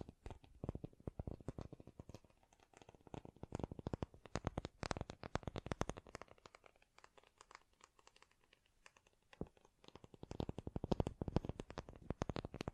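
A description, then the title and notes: Rapid ASMR tapping, a dense flurry of sharp, crisp taps ringing from low thumps up to bright clicks. The tapping is fast and uneven, easing into sparser, softer taps from about six to nine seconds before picking back up into quick bursts. ASMR Great Tapping Sounds for Sleep (No Talking).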